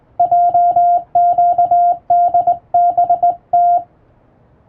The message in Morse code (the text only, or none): JQDBT